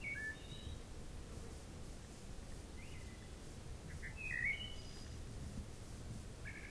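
Wood thrush song: faint fluting phrases separated by pauses, under steady low background noise.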